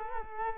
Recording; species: mosquito wingbeat signal from an infrared sensor; Culex quinquefasciatus